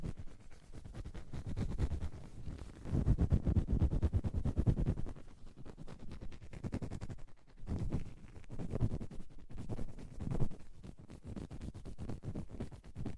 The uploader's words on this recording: ASMR Deep Ear Cleaning - Intense Ear Relaxation (No Talking).